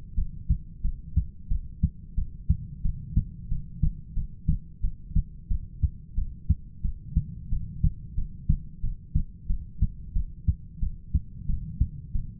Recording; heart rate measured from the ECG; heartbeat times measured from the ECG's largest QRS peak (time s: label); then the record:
heart sounds by stethoscope; 90 bpm
0.16 s: heartbeat
0.83 s: heartbeat
1.50 s: heartbeat
2.16 s: heartbeat
2.83 s: heartbeat
3.50 s: heartbeat
4.15 s: heartbeat
4.82 s: heartbeat
5.49 s: heartbeat
6.16 s: heartbeat
6.83 s: heartbeat
7.51 s: heartbeat
8.16 s: heartbeat
8.82 s: heartbeat
9.48 s: heartbeat
10.14 s: heartbeat
10.81 s: heartbeat
11.47 s: heartbeat
12.13 s: heartbeat
From the record:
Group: heart failure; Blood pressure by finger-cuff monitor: 101/62 mmHg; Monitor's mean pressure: 75 mmHg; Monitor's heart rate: 90 bpm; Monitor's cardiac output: 7.7 L/min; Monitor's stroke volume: 86 mL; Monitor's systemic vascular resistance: 690 dyn s/cm5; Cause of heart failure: ischemic heart disease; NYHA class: 1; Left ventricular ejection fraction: 38%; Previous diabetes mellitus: present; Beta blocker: bisoprolol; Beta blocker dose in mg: 15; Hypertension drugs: sacubitril-valsartan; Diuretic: furosemide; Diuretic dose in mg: 20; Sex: male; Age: 33 years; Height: 172 cm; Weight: 78.5 kg